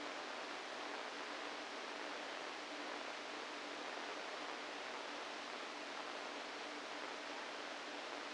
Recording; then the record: brain microelectrode recording played as sound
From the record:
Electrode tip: inside the subthalamic nucleus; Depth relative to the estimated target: 1 mm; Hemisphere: right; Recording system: NeuroSet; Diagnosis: Parkinson's disease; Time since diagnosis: 7 years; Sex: female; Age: 68 years